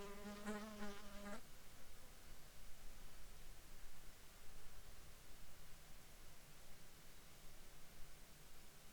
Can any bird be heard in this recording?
no